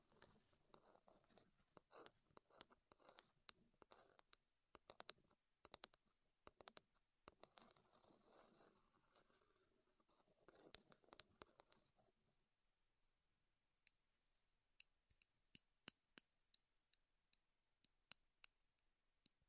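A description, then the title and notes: Wooden taps and clicks come in quick, uneven bursts over a soft rustling for the first twelve seconds. Then the rustling drops away, leaving sparse, crisp single taps every half second or so against near silence. ASMR Wood Triggers in Your Ears (No Talking).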